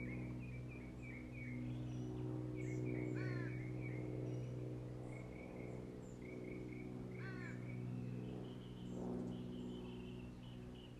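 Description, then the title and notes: Birds singing short repeated chirps, broken twice by harsh cawing calls, with a continuous low hum in the background. Birds singing in the morning. "birds 🐦 singing. Good Morning"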